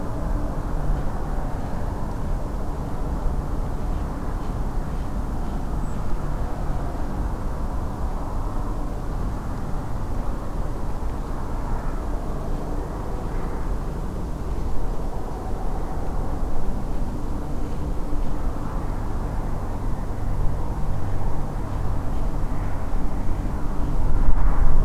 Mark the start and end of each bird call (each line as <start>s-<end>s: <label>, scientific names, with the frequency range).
5.82s-5.95s: Turdus iliacus (7.3-8.3 kHz)